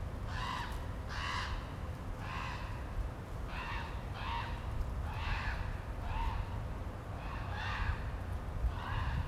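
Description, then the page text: Common raven calling in a series of about ten rough, hoarse croaks, roughly one each second, with a constant low-pitched hum behind. Recorded in Maryland. "Common Raven by Stephen John Davies via iNaturalist"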